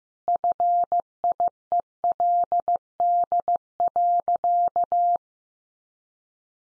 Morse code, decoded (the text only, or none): FIELD.